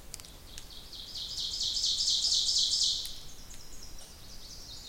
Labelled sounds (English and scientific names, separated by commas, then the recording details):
Ovenbird (Seiurus aurocapilla) song
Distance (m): 30 m
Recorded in boreal forest in Alberta, Canada, on 26 May 2016 at 07:30
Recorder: SongMeter 3, array SBT-3-15
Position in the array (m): 38 m, 234 m
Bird 20